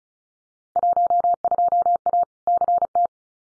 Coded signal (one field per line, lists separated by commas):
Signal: Morse code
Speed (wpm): 36 wpm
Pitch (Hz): 700 Hz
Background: none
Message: 12A CT